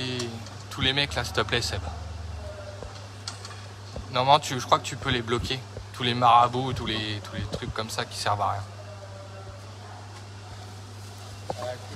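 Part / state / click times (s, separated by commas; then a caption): plastic plumbing part clipped onto an aquarium pipe or fitting / seated / 11.5 s. A plastic plumbing part is pushed onto a pipe or fitting of a new reef aquarium's plumbing until it clips into place. Someone talks through most of the clip over a steady low hum, and a single sharp click at 11.5 s marks the part seating, confirmed as clipped in right after.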